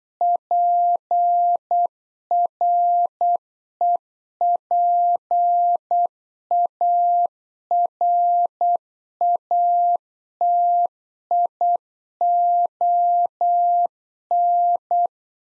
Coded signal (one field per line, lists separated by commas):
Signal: Morse code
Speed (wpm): 8 wpm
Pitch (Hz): 700 Hz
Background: none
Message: PREPARATION